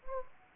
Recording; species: mosquito wingbeat signal from an infrared sensor; Anopheles gambiae